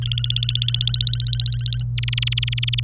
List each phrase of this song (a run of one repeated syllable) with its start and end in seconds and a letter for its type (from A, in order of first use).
0.02-1.83 A, 1.98-2.83 B